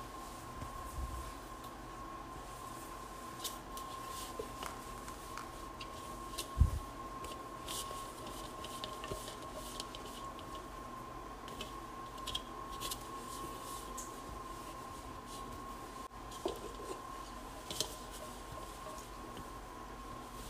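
Washing and drying a large bowl: a steady low rumble and a constant mid-pitched hum run throughout. Over it come scattered light clicks, taps and scrapes every second or two, with a sharper knock near seven seconds and a few small bumps later.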